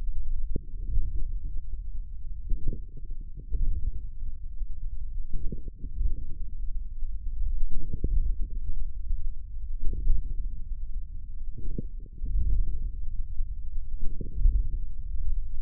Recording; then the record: forearm muscle sounds (acoustic myography)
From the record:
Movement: ulnar deviation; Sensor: system 1, eight BSWA MPA416 microphones around the upper forearm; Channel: 5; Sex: male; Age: 41 years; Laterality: right